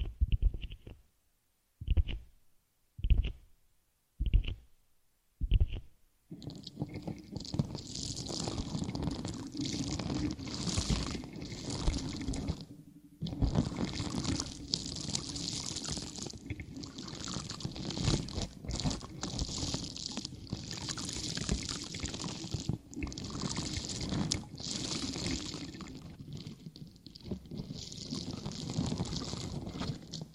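Ear-cleaning sounds open with five separate taps, about one per second, with silence between them. From around six seconds a dense, continuous crinkly scratching takes over, bright and rustling with a low rumble underneath, pausing briefly near thirteen seconds.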